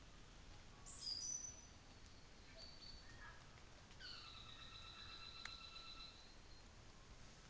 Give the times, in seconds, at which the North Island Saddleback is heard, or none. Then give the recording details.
3.90-6.36. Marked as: faintness 2/5. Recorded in New Zealand on 24 December 2018. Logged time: 10:15